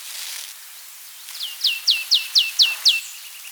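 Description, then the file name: Marsh tit calls: a quick series of several high, sharp, descending chipping notes against faint background hiss. "Poecile palustris"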